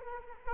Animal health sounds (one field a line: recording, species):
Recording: mosquito wingbeat signal from an infrared sensor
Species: Culex quinquefasciatus